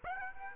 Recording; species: mosquito wingbeat signal from an infrared sensor; Aedes aegypti